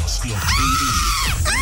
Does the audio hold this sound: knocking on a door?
no